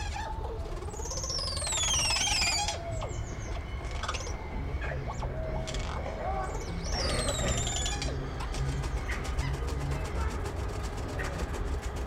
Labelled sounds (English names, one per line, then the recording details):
Crested Oropendola
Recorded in captivity
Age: adult
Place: Zoo Berlin, Berlin, DE
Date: 1994-03-05 11:21
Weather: heiter, 4°C, Windböen
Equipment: Marantz CP 430, Sennheiser ME 80, Kopie Uher Variocord 263
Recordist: Tembrock, Günter